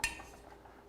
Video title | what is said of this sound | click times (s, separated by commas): Timney Trigger (Ruger Precision Rimfire Rifle NRL22 Base Class Build Part 3) | then we just want to make sure that this block here snaps into place like so | 0.0 s